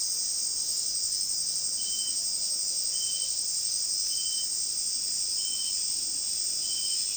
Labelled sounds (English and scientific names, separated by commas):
none